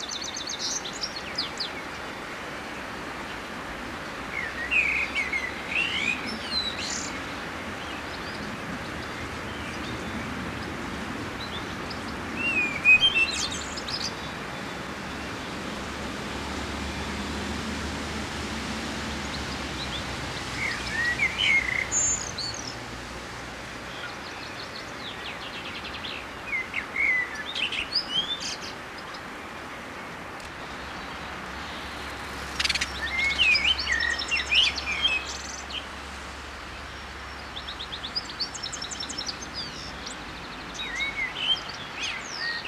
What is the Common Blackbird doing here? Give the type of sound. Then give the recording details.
song. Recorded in the wild. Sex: male. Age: adult. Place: Grindelwald, Bern, CH. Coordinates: 46.6372, 8.04417. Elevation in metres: 1351. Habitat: mountains. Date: 1979-06-07. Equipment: Uher 4000 Report, Sennheiser MKH 815 T. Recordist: Tretzel, Erwin